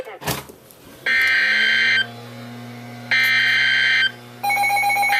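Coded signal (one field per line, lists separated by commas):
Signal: Emergency Alert System (SAME) tones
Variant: header bursts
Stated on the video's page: Special Marine Warning for Lake Okeechobee issued by NWS Miami, relayed by weather radio transmitter in Sebring, Florida.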